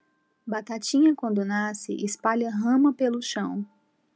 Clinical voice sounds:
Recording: short text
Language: Brazilian Portuguese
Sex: female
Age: 30 to 39 years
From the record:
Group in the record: control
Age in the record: 38 years

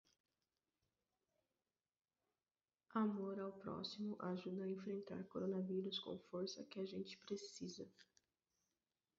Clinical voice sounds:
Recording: spoken sentence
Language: Brazilian Portuguese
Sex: female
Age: 30 to 39 years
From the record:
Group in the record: control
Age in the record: 38 years

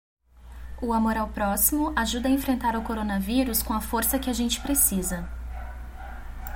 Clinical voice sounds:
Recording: spoken sentence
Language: Brazilian Portuguese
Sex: female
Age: 20 to 29 years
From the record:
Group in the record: control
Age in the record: 28 years

